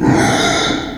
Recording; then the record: squeal of a Yucatan mini pig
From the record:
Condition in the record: before surgery on the right vocal fold (resection and tissue-engineered implant); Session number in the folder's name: 1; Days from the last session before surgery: -21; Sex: female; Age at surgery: 19 weeks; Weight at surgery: 25 kg